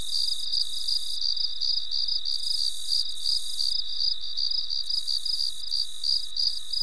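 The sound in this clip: Cricket calling with quick repeated chirps, around three per second.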